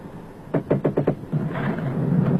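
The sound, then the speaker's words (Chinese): Five quick, evenly spaced knocks on a door, sharp and fairly loud, followed by a steady low rumbling noise that carries on to the end. “不碍事，幸亏你敲门了。”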